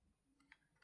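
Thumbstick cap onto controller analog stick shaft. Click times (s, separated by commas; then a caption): 0.5 s. A plastic thumbstick cap is lined up and pressed onto the shaft of a new K-Silver TMR magnetic stick in a PlayStation 5 controller. One sharp tick is heard at 0.5 s as the cap clicks into place, seating it on the stick.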